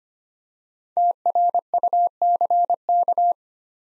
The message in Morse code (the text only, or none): TRUCK